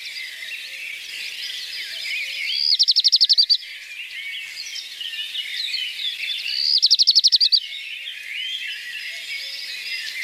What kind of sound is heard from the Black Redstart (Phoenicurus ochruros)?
song